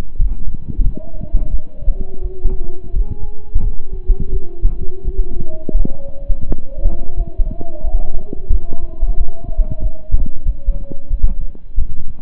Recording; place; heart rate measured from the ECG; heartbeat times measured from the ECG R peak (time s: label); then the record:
heart sounds by stethoscope; between the tricuspid and mitral areas; 88 bpm
0.16 s: heartbeat
0.82 s: heartbeat
1.49 s: heartbeat
2.19 s: heartbeat
2.91 s: heartbeat
3.61 s: heartbeat
4.30 s: heartbeat
5.03 s: heartbeat
5.75 s: heartbeat
6.46 s: heartbeat
7.15 s: heartbeat
7.82 s: heartbeat
8.49 s: heartbeat
9.15 s: heartbeat
9.79 s: heartbeat
10.43 s: heartbeat
11.08 s: heartbeat
11.76 s: heartbeat
From the record:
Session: slow and fast walking with breaks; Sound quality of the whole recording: saturated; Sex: male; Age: 25 years